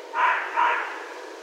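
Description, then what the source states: Red fox with a quick double bark, two coarse, husky notes in rapid succession that trail off into soft background noise. Recorded on 16 January 2012.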